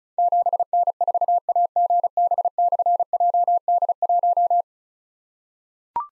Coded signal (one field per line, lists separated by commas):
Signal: Morse code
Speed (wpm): 36 wpm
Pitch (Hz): 700 Hz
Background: none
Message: 7N4AGB/JD1